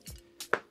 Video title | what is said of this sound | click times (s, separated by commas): Best M1 Macbook Pro and iPad Pro 2021 Accessories | magnets will snap shut. | 0.5 s